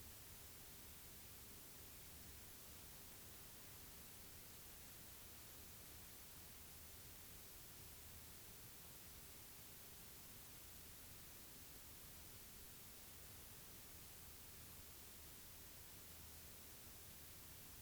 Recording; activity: daily activity, guitar pickup as the sensor; stand